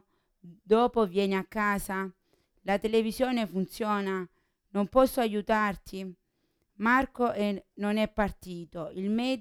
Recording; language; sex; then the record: read phrases; Italian; female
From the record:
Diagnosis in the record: Parkinson's disease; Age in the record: 40 years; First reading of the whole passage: 61 s, 7.8 characters per second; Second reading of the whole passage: 52 s, 9.9 characters per second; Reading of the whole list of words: 55 s, 5.1 characters per second